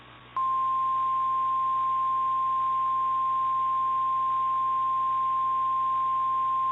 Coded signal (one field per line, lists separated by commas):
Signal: Emergency Alert System (SAME) tones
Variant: 1050 Hz attention tone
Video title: [EAS Mock] Tornado Emergency for Napoleon Ohio REMAKE - From August 2016